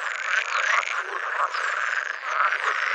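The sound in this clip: Pool frog giving dense, continuous buzzy and rattling croaks with small rhythmic swells and no pauses.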